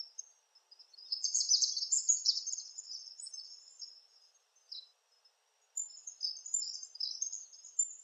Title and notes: Sanhaçu-do-coqueiro Palm Tanager ( Tangara palmarum )